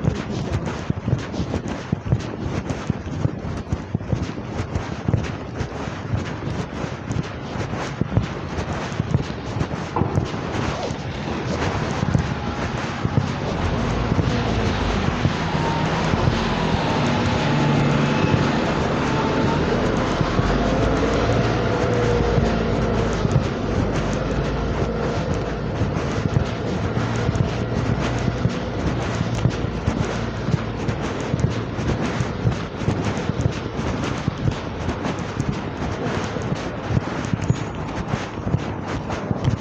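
A wet morning walk: dense, steady rushing noise with constant quick ticking steps, and a vehicle swelling past around the middle.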